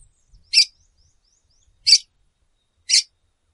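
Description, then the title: Red-cowled cardinal calls: three sharp, loud chips spaced roughly one to one and a half seconds apart. Female calling, described as eager and soliciting males. "Canto Galo Campina Fêmea. galo de - campina fêmea chamando e macheando fogosa"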